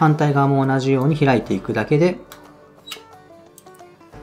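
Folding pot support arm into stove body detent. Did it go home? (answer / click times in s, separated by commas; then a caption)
no / none. Someone talks while handling the folding metal pot support arm of a SOTO ST-310 regulator camping gas stove, swinging the second support open toward its recess in the stove body. After the talking, quiet light handling noises are heard, including a short sharp tick around 3.6 s, with music in the background. Nothing has seated or clicked into the detent yet.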